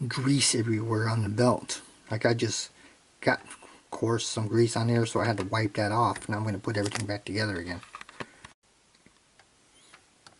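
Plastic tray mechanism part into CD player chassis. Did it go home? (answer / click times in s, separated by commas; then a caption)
no / none. Someone talks while reassembling the CD tray mechanism of a Sony CDP-311 CD player after fitting a new drive belt, about to press a plastic tray mechanism part back into the chassis. After the talking stops, a few faint handling taps come around 8.0 to 8.5 s, then quiet. Nothing has seated or clicked yet.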